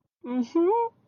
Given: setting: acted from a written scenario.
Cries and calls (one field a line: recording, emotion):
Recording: vocal sound without words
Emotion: romantic love